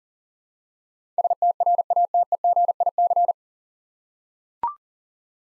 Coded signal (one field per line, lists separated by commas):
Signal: Morse code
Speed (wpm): 40 wpm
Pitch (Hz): 700 Hz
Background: none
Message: STRATEGIC